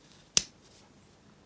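A metal snap carabiner on a bag belt is clipped back onto its ring, giving a single sharp snap at 0.4 s against near silence. The carabiner seats on the ring and goes back into place easily.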